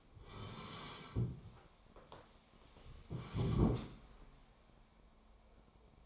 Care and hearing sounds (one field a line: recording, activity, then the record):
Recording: daily activity, microphone in the room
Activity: sit down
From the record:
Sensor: 1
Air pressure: 1015.2 hPa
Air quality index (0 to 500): 197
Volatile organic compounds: 22 ppm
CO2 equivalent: 2756 ppm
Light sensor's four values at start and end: 12/28/12/13 and 12/30/12/13